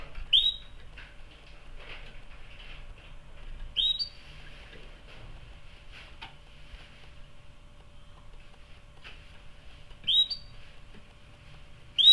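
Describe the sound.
Canary uttering sharp upswept chirps, singly or in pairs, separated by gaps of several seconds, with faint rustling between.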